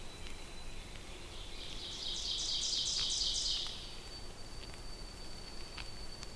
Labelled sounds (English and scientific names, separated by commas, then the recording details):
Ovenbird (Seiurus aurocapilla) song
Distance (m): 45 m
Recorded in boreal forest in Alberta, Canada, on 2 June 2016 at 08:18
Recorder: SongMeter 3, array SBT-3-7
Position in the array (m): 23 m, 135 m
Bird 4